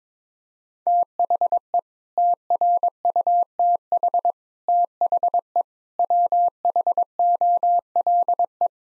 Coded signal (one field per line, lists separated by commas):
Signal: Morse code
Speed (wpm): 22 wpm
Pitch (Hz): 700 Hz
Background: none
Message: THE TRUTH THE WHOLE